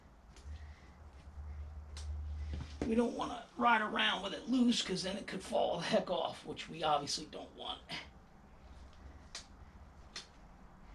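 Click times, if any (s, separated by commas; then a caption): 9.3 s, 10.2 s. A gauntlet fairing's mounting clamp on the other fork tube of a 2008 Sportster 883C is checked and pushed into place before anything is snugged down, so the fairing can't come loose. Someone talks over a low hum, then two sharp hits ring out at 9.4 and 10.2 seconds. The clamp is confirmed locked onto the fork tube.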